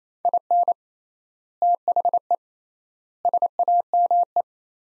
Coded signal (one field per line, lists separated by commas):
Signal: Morse code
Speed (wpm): 28 wpm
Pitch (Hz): 700 Hz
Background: none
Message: IN THE SAME